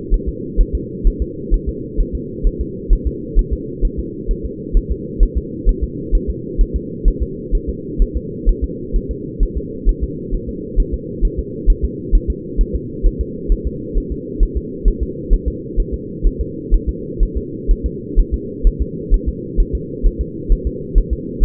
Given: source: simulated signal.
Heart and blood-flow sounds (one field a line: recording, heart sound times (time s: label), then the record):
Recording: fetal heart sounds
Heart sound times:
0.14 s: S1
0.29 s: S2
0.60 s: S1
0.75 s: S2
1.07 s: S1
1.22 s: S2
1.54 s: S1
1.69 s: S2
2.00 s: S1
2.15 s: S2
2.47 s: S1
2.61 s: S2
2.93 s: S1
3.07 s: S2
3.39 s: S1
3.53 s: S2
3.85 s: S1
3.99 s: S2
4.31 s: S1
4.45 s: S2
4.77 s: S1
4.92 s: S2
5.23 s: S1
5.38 s: S2
5.69 s: S1
5.83 s: S2
6.15 s: S1
6.30 s: S2
6.61 s: S1
6.76 s: S2
7.08 s: S1
7.23 s: S2
7.55 s: S1
7.69 s: S2
8.02 s: S1
8.17 s: S2
8.49 s: S1
8.64 s: S2
8.96 s: S1
9.11 s: S2
9.43 s: S1
9.57 s: S2
9.89 s: S1
10.04 s: S2
10.34 s: S1
10.49 s: S2
10.80 s: S1
10.94 s: S2
11.25 s: S1
11.39 s: S2
11.70 s: S1
11.84 s: S2
12.15 s: S1
12.30 s: S2
12.61 s: S1
12.75 s: S2
13.06 s: S1
13.21 s: S2
13.52 s: S1
13.67 s: S2
13.98 s: S1
14.12 s: S2
14.43 s: S1
14.57 s: S2
14.88 s: S1
15.03 s: S2
15.33 s: S1
15.48 s: S2
15.80 s: S1
15.94 s: S2
16.27 s: S1
16.41 s: S2
16.74 s: S1
16.89 s: S2
17.23 s: S1
17.37 s: S2
17.71 s: S1
17.86 s: S2
18.19 s: S1
18.34 s: S2
18.67 s: S1
18.82 s: S2
19.14 s: S1
19.29 s: S2
19.60 s: S1
19.75 s: S2
20.06 s: S1
20.21 s: S2
20.52 s: S1
20.67 s: S2
20.98 s: S1
21.13 s: S2
21.44 s: S1
From the record:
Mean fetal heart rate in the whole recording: 130 bpm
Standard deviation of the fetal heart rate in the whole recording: 4 bpm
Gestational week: 38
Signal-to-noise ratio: -4.1 dB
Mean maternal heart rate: no maternal heart sound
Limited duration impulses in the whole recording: absent